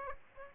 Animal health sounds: mosquito wingbeat signal from an infrared sensor; Aedes aegypti

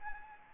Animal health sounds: mosquito wingbeat signal from an infrared sensor; Anopheles gambiae

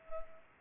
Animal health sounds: mosquito wingbeat signal from an infrared sensor; Culex pipiens

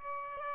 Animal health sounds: mosquito wingbeat signal from an infrared sensor; Aedes aegypti

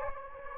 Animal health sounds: mosquito wingbeat signal from an infrared sensor; Anopheles gambiae

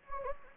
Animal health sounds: mosquito wingbeat signal from an infrared sensor; Anopheles gambiae

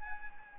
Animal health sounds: mosquito wingbeat signal from an infrared sensor; Anopheles gambiae

